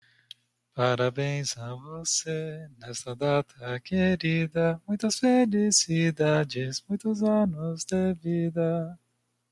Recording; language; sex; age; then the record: short text; Brazilian Portuguese; male; 20 to 29 years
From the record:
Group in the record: control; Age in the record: 26 years